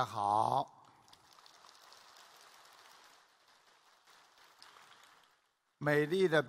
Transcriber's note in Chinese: 掌声